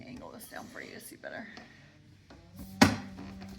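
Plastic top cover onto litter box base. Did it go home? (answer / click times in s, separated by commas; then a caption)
yes / 2.8 s. Someone talks while the plastic top piece of an enclosed cat litter box is angled down and pressed onto its base. A single sharp click at 2.8 seconds marks the top piece seating into place.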